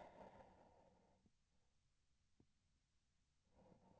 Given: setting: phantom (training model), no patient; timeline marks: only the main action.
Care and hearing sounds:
laparoscopic instrument, vibration sensor on the handle end
3.45-4.00 s: palpation
From the record:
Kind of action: gesture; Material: synthetic tissue

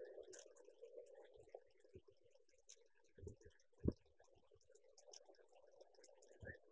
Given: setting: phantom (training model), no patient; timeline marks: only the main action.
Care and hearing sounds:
laparoscopic instrument, vibration sensor on the handle end
0.00-5.75 s: coagulation
From the record:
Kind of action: gesture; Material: ex-vivo porcine liver

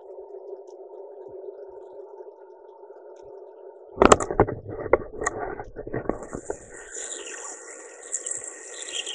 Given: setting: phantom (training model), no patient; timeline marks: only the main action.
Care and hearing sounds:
laparoscopic instrument, vibration sensor on the handle end
0.00-0.82 s: coagulation
5.70-9.15 s: coagulation
From the record:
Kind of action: gesture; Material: ex-vivo porcine liver

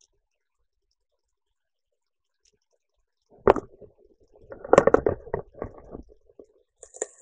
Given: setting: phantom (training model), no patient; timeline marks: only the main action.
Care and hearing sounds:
laparoscopic instrument, vibration sensor on the handle end
6.38-7.22 s: coagulation
From the record:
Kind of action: gesture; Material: ex-vivo porcine liver

